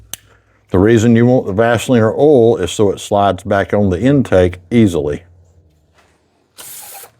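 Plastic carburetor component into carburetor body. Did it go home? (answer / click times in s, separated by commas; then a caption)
yes / 0.1 s. While reassembling a plastic Toro mower carburetor, a plastic component is pressed into its seat in the carburetor body above the O-ring lip. It seats with a single sharp click at 0.1 s, after which someone talks. A short, faint hiss follows near the end.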